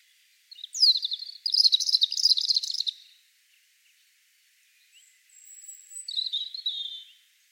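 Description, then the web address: European robin song opening with a thin note into a rapid, rich twitter, then a pause, a high drawn whistle and a shorter descending warble. "Deverinetal 2025 File origin Bird Only Er Ru"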